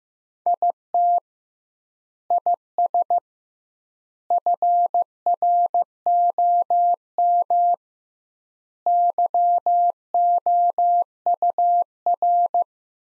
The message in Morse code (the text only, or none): IT IS FROM YOUR